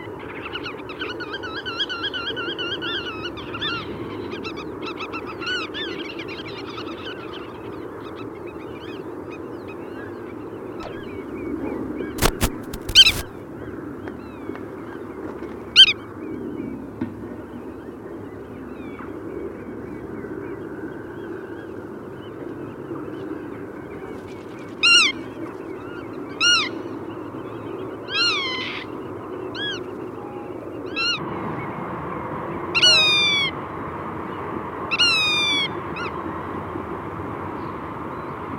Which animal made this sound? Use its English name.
Black-tailed Godwit